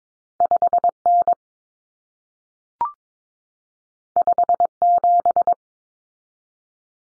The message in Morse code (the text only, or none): 5N 57